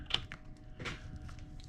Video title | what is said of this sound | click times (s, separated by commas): Square Yard Of Carpet How Much Gold Part 4 | it just clicks into place | 0.1 s